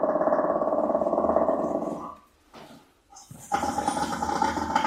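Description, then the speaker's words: Brown hyena giving a harsh buzzing call for about two seconds, a short pause, then another harsh noisy burst. Shaggy-coated brown hyena, the rarest hyena species; the sound is not the laughing call usually associated with hyenas. "we usually associate these animals with laughing, but this sound is coming from a shaggy-coated brown hyena, the rarest of the hyena species."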